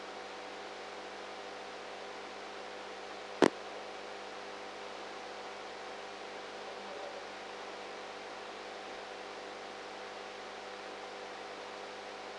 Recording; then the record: brain microelectrode recording played as sound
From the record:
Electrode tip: outside the subthalamic nucleus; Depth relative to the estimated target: 0 mm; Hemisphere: right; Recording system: NeuroSet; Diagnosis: Parkinson's disease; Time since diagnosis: 19 years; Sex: female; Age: 58 years